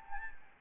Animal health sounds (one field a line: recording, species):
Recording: mosquito wingbeat signal from an infrared sensor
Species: Anopheles gambiae